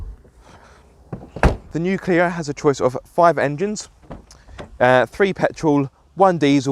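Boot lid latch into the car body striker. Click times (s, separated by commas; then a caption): 1.4 s. The boot lid of a 2020 Renault Clio Iconic hatchback is closed down onto its latch, landing with a loud thunk at 1.4 s as the latch seats into the car body striker and the lid latches shut. Someone talks afterwards.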